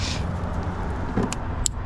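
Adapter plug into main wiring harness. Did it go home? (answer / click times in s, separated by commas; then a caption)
yes / 1.7 s. An adapter plug is pushed into the main engine wiring harness connector during a 75mm throttle body install on a 2003-2007 Infiniti G35, over a steady low background rumble. A small tick comes at 1.3 s, then a sharp click at 1.7 s as the connector seats.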